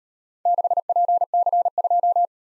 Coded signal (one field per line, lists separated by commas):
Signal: Morse code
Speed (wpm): 37 wpm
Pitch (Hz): 700 Hz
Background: none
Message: 6PC2